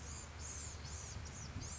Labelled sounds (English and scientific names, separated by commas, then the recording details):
Blue-gray Gnatcatcher (Polioptila caerulea)
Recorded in Sonoma County, California